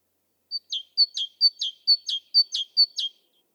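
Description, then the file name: Great tit song: six quick two-note phrases, a high steady whistle dropping to a lower falling note, repeated about twice a second with no other sounds. "Parus major"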